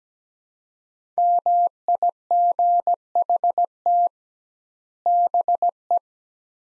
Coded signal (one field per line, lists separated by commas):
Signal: Morse code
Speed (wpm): 17 wpm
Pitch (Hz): 700 Hz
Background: none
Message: MIGHT BE